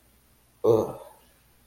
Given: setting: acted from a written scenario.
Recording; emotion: vocal sound without words; disgust